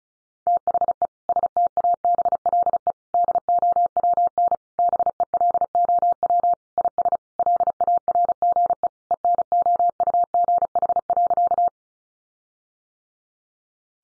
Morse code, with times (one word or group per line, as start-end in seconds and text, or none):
0.5-1.1 THE
1.3-2.9 STABLE
3.1-4.6 DOWN
4.8-6.5 BELOW
6.8-7.2 IS
7.4-8.9 LARGE
9.1-11.7 ENOUGH.